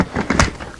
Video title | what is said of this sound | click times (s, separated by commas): Best Double Strollers 2017 - Bugaboo Donkey - Vista - City Select Lux - Duallie - Silvercross Wave | clicks right in very well-designed um sometimes | 0.3 s, 0.4 s